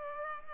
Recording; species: mosquito wingbeat signal from an infrared sensor; Culex pipiens